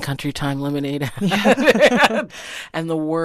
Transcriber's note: laughter